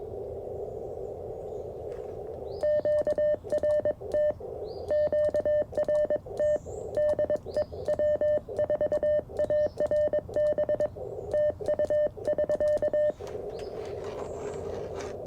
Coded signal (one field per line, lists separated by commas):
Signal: Morse code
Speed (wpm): 21 wpm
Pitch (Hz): 590 Hz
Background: none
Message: QRT QRT DE W4ARB TU <SK>